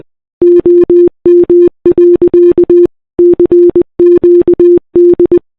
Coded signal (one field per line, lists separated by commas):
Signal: Morse code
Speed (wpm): 19 wpm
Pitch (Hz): 340 Hz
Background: none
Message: OM. CQD